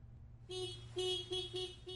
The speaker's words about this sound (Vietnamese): Tiếng còi xe bên ngoài đường khiến cho Tân mở mắt choàng tỉnh dậy.